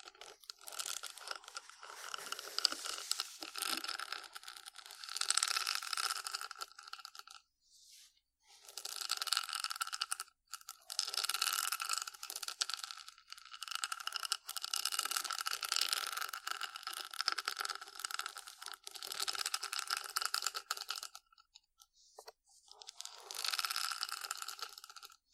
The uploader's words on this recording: ASMR Deep Brain Scratching（No Talking）.